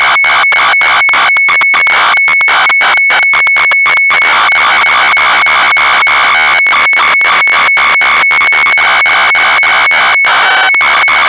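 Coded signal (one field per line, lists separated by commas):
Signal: computer data on cassette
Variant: Amstrad CPC 464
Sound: loud harsh buzzing data screech with a steady high whine and brief regular gaps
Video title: Predator (1987) - Amstrad CPC 464 (Full Tape Rip / Cassette Load)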